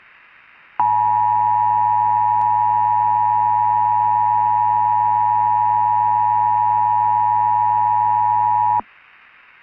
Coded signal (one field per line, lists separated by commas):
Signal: Emergency Alert System (SAME) tones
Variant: 853 and 960 Hz attention tone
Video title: EAS